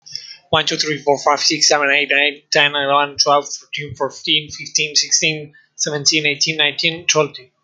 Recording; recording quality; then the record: counting at a fast pace; excellent, no background noise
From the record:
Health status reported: healthy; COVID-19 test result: not tested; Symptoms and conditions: none ticked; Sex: male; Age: 21 years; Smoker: not ticked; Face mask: not worn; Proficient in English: no